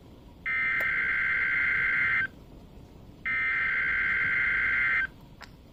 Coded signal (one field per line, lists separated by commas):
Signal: Emergency Alert System (SAME) tones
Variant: header bursts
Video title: Tornado Watch (EAS #1,370)